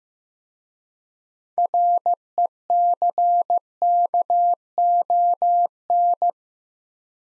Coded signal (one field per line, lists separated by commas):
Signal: Morse code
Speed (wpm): 15 wpm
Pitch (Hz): 700 Hz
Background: none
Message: RECKON